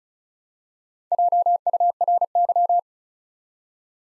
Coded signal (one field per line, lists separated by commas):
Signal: Morse code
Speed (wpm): 36 wpm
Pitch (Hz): 700 Hz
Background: none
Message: JURY